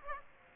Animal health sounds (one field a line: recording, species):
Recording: mosquito wingbeat signal from an infrared sensor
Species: Aedes aegypti